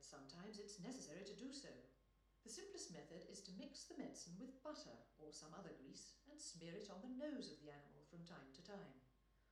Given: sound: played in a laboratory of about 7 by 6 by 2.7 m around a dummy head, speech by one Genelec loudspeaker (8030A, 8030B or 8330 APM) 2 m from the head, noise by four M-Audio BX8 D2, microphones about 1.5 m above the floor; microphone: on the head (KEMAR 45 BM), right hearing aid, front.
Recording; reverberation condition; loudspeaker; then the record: female speech in English; medium; 150 degrees to the right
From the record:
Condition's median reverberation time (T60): about 510 ms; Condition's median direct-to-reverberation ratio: about -0.5 dB